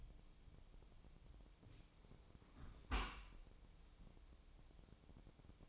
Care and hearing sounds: daily activity, microphone in the room; close dishwasher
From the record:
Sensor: 1

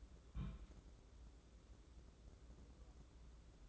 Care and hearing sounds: daily activity, microphone in the room; place on stove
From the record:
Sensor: 3

